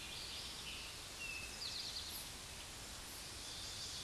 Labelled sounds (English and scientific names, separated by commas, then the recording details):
Eastern Towhee (Pipilo erythrophthalmus) song
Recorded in a Pennsylvania forest on 16 May 2024 at 09:54
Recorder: AudioMoth, point MSD-1893
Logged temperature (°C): 16.6 °C
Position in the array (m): 2 m, 44 m